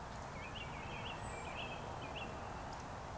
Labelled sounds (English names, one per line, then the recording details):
Eurasian Woodcock whistle
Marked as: whistle, whistle
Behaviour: display flight
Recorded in Baden-Württemberg, Germany, on 3 June 2021 at 19:17 UTC
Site 45499, 200 m above sea level